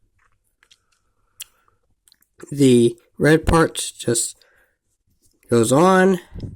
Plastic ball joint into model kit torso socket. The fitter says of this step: the ball the ball joint thing is going to just pop into place.